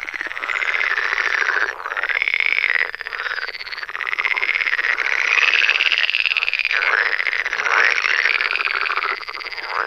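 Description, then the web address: Pool frog chorus, many overlapping quick purring croaks pulsing almost without pause. In a forest. "Tajemnice puszczy Zaba jeziorkowa"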